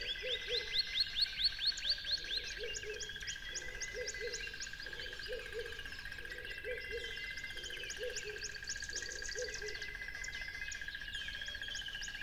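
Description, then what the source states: Cricket trill, steady and high, with busy bird chirps and whistled phrases, plus a lower pulsing call repeated regularly. Crickets beside a lively tropical river.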